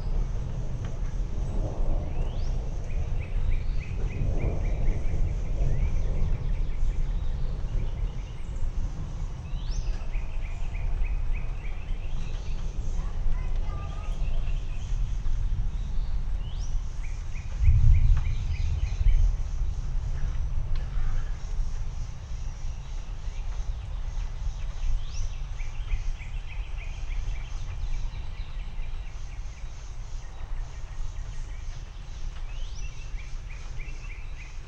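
A slow, rolling thunderstorm in East Texas rumbles low and steady throughout, swelling around five seconds and again in a heavier burst near eighteen seconds before easing. Repeated bright chirps from birds or insects sound above the rumble the whole time.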